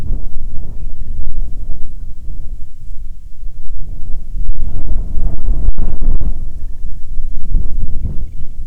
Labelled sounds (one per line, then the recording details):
bird
wind
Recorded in the Arctic National Wildlife Refuge, Alaska, on 9 July 2019 at 21:37
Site 48